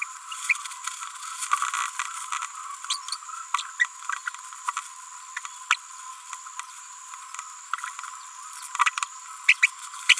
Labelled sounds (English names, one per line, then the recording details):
Green-rumped Parrotlet babbling
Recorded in a nest box in Venezuela
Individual 18B25A4